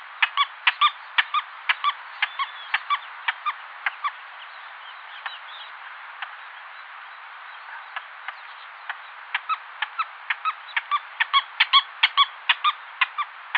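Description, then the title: Wattled jacana giving rapid, sharp, squeaky clicking notes in loose irregular series, thinning out midway before picking up again, over a steady background hiss. "LuckyPassaro Completos2Sama. Wattled Jacana"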